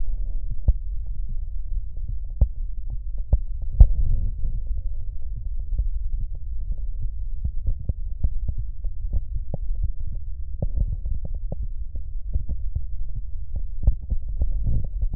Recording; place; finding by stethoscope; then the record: heart sounds by stethoscope; aortic valve (AV); normal heart sounds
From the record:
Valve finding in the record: aortic regurgitation, grade 0, sclerotic aortic valve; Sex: female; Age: 74 years